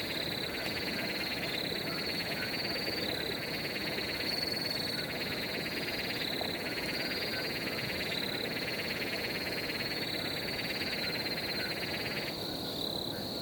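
A forest pond at night, thick with a dense, steady chorus of frogs trilling and croaking without pause. Above it runs a constant high insect buzz, with a few brief bright chirps around four seconds; the bright layer thins slightly near the end.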